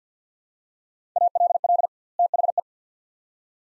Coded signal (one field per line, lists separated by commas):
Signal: Morse code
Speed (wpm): 50 wpm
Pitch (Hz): 700 Hz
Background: none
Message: ALL THE